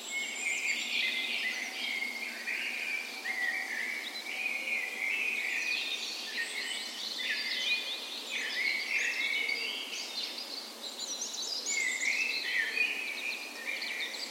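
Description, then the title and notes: Birds in a lively dawn chorus, repeated chirping phrases and trills from several singers overlapping without pause. Dawn chorus on the morning of 17 May, Norway's National Day, in a park west in Bergen, Norway, in full spring; Sony PCM A10 recorder with LOM Usi microphones as tree ears. "17th Of May Dawn Chorus. Recorded on the morning of Norways National Day the 17th of May in a park west in Bergen. Spring is in full effect, and the dawn chorus sounds wonderful!"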